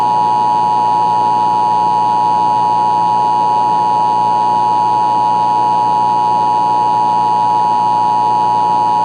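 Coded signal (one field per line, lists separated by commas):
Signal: Emergency Alert System (SAME) tones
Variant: 853 and 960 Hz attention tone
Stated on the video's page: Fictional EAS scenario using valid SAME tones.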